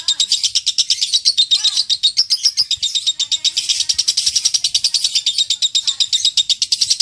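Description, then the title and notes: Lovebird ngekek song: a long, unbroken stream of rapid, shrill, buzzy chattering notes with no pauses. Long ngekek song of a lovebird, used as a lure to train other songbirds (kicau pancingan). "suara Master Kicau Lovebird ngekek, kicau pancingan"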